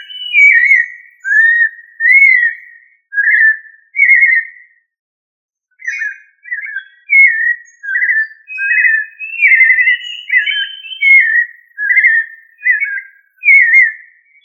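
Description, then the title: Thrush song: a steady run of short, warbled whistled phrases. The run breaks off briefly in the middle, then resumes more quickly. "Familia Turdidae - Sabia"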